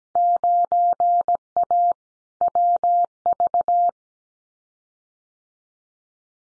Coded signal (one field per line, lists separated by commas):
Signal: Morse code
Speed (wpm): 17 wpm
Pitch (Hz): 700 Hz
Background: none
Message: 9A WV